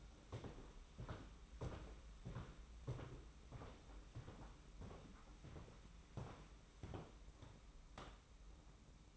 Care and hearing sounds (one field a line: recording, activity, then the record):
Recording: daily activity, microphone in the room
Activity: walk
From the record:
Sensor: 1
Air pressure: 991.7 hPa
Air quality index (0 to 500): 167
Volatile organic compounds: 1000 ppm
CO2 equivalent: 6281 ppm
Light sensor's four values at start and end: 30/103/40/41 and 31/104/40/41